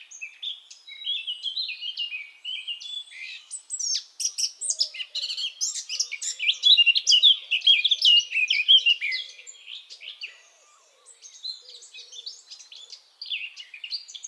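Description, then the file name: Eurasian blackcap song: a rich, fast warble of varied whistled and chattering notes, rising in intensity midway, with a brief pause near the end before resuming. "Sylvia atricapilla"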